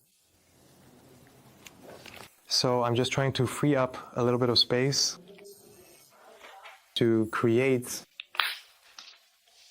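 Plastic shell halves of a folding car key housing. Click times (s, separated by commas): 8.4 s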